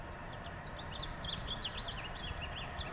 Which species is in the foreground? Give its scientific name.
Haemorhous mexicanus